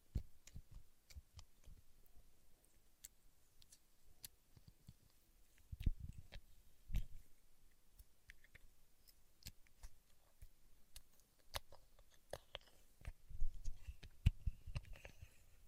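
Paraffin wax being peeled, tapped and scratched, heard as a string of sharp, irregular clicks and small cracks spread across the whole stretch. Low thuds and rustling swell around six to seven seconds and again near thirteen to fifteen seconds, where the handling is loudest.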